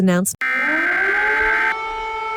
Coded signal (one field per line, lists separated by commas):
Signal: Emergency Alert System (SAME) tones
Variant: header bursts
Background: speech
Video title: (READ DESC) World War 3 | An EAS Scenario